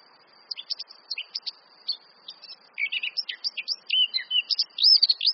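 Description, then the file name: Eurasian blackcap song: a scratchy, hurried warble of short chirps and trills, growing louder and richer toward the end, over a faint steady high hiss. "Sylvia atricapilla"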